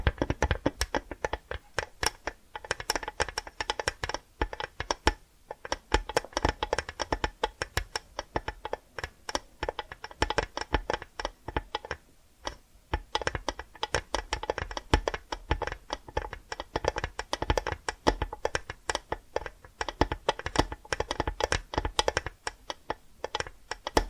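Rapid, dense tapping and scratching runs continuously with crisp, bright clicks, pausing briefly around five and twelve seconds before resuming its busy rhythm.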